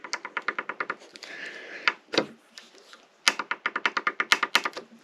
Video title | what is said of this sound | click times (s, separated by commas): craftsman torque screwdriver set in versastack case | there it is there's the click | 4.3 s, 4.5 s